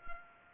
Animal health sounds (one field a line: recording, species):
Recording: mosquito wingbeat signal from an infrared sensor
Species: Culex pipiens